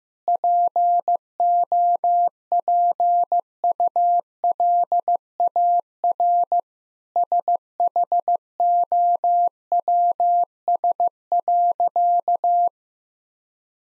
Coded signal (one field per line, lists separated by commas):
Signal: Morse code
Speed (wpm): 15 wpm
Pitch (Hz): 700 Hz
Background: none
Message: POPULAR SHOWS.